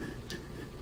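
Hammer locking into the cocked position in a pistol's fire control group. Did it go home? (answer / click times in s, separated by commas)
no / none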